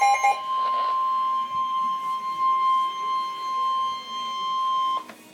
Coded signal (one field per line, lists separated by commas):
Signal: Emergency Alert System (SAME) tones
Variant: 1050 Hz attention tone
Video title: Severe Thunderstorm Warning - EAS #160